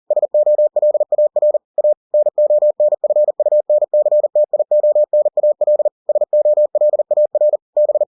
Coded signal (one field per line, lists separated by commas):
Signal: Morse code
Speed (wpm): 40 wpm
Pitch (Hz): 600 Hz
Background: none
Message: SOLAR A NONFUNCTIONAL SOLAR B